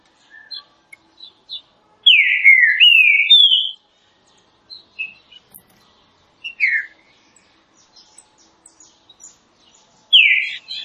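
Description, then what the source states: Green-winged saltator song: loud whistled phrases of descending slurred notes, repeated after pauses, with faint soft chirps between. Classic song style of the green-winged saltator, presented for training birds.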